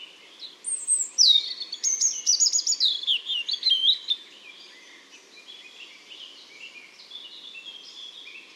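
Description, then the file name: European robin song: a phrase of high, thin whistles and quick slurred notes for about three seconds, then fainter, softer warbling continuing in the background. "Erithacus rubecula"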